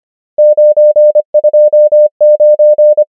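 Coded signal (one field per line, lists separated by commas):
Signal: Morse code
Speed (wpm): 25 wpm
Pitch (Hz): 600 Hz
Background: none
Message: 9 2 9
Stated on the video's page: Morse practice drill of numbers at 25 wpm character speed and 25 wpm word speed.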